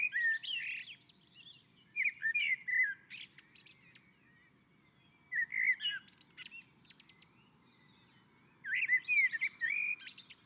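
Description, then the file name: Common blackbird song, relaxed fluty warbles each trailing into high chattering notes, several phrases with short pauses between, against faint low background noise. Blackbird on a roof. "Koltrast på taket"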